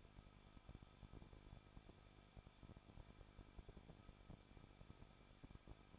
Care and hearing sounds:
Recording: daily activity, microphone in the room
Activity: no activity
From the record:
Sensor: 5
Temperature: 20.9 degrees Celsius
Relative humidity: 38.1%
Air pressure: 1006.4 hPa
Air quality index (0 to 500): 187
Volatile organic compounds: 18 ppm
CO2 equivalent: 2624 ppm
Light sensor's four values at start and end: 2/3/1/1 and 2/3/1/1

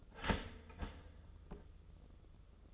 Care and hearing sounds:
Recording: daily activity, microphone in the room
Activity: start toaster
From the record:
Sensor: 4

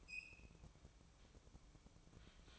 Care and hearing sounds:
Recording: daily activity, microphone in the room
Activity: open fridge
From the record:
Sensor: 1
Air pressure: 1007.9 hPa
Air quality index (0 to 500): 100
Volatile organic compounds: 1 ppm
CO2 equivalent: 852 ppm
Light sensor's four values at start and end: 13/30/13/14 and 13/30/13/14

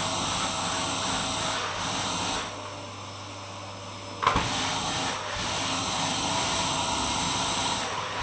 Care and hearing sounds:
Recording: daily activity, microphone in the room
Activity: vacuum cleaning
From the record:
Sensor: 1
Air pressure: 994.4 hPa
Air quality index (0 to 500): 217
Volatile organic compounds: 1000 ppm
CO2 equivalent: 7749 ppm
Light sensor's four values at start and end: 39/89/39/42 and 51/112/51/54

